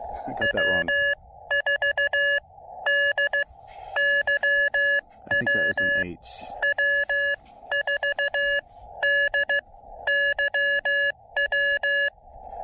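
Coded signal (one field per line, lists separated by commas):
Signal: Morse code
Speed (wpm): 15 wpm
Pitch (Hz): 1700 Hz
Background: none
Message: W4DYW W4DYW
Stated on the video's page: Summits On The Air QRP activation with an Elecraft KX2 and a Chameleon CHA MPAS Lite antenna on Bearwallow Mountain.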